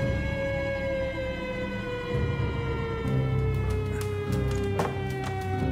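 Several sirens of the newspaper Crítica wail together in a steady, overlapping drone, their tones sliding slowly downward, over a rumbling crowd-like background with scattered sharp knocks, as Martínez resigns and leaves the Casa de Gobierno during the 1930 coup d'état.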